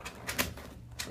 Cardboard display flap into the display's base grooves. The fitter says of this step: it'll snap right in place